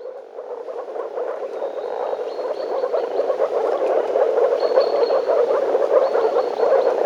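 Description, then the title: Frog chorus building from quieter to louder, rapid croaks overlapping, with thin repeated high notes above. Frogs in a forest. "лягушки frogs in the forest"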